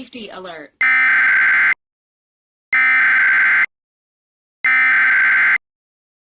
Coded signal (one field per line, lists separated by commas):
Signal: Emergency Alert System (SAME) tones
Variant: header bursts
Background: speech